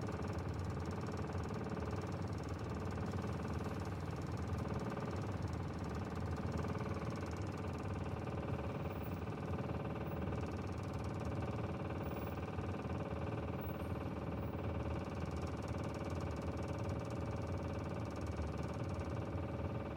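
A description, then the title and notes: A steady engine drone from inside a moving cab, with a dense low rumble and faint rapid knocking. Several fixed tones ring through the middle range without change for the whole twenty seconds. Road noise stays even, with no separate events standing out. Morning Cab to the NICU.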